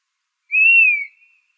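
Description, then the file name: Dusky-capped flycatcher giving a single plaintive whistle, rising slightly then sliding down, about half a second long, against a quiet background. Arizona, 15 July 2006. "DCFL 2 deviche"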